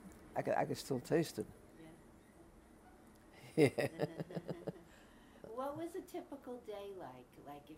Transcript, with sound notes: I can still taste it.
Yeah. [Laughs] What was a typical day like, like